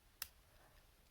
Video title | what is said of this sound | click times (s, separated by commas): Fountain Pen Unboxing and First Impressions: PenBBS 494 | clicks into place so that you don't accidentally twist it and engage it and shoot ink out | 0.2 s